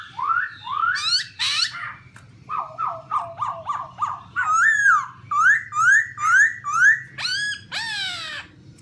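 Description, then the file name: Black-throated laughingthrush song: quick runs of repeated sliding whistles, with a few harsh bursts. "tieng khuou bac ma hot"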